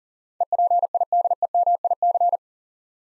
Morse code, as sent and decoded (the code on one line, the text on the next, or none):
. .--. .. -.. . -- .. -.-.
EPIDEMIC